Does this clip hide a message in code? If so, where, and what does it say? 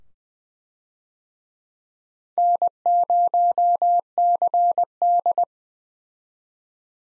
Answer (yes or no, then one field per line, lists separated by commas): yes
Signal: Morse code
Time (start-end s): 2.4-5.4 s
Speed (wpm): 20 wpm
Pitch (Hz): 700 Hz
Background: none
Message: N0CD